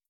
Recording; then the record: hydrophone in a shrimp aquaculture tank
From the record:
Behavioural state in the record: starved